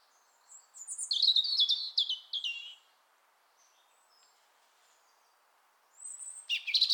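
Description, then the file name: European robin pouring out a fast, warbling phrase that slides downward, then pauses before starting again with high, piercing notes. "Erithacus rubecula"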